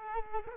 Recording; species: mosquito wingbeat signal from an infrared sensor; Culex quinquefasciatus